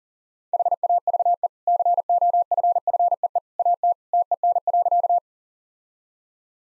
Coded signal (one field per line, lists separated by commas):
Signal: Morse code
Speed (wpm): 37 wpm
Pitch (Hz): 700 Hz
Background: none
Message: HAVE COFFEE AT TEN.